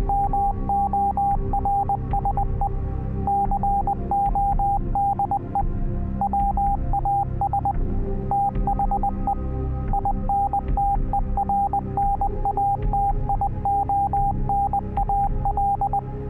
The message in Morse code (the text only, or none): MORSE CODE WAS THE INTERNATIONAL